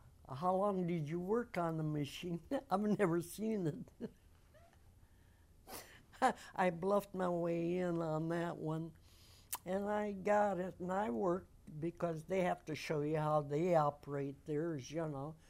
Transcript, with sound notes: how long did you work on the machine? I'd never seen it. (laughs) I bluffed my way in on that one. And I got it. And I worked because they have to show you how they operate theirs, you know.